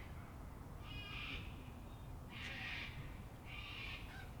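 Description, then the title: Sulphur-crested cockatoo harsh screeches, three raspy bursts over a steady low background hum. Evening in Canberra, Australia, April 2020, during lockdown; a large flock of local cockatoos calling. "An Evening in Canberra (Feat. 500 Cockies)"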